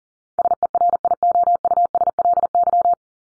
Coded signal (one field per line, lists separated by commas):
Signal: Morse code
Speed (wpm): 40 wpm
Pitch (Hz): 700 Hz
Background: none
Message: SERIOUSLY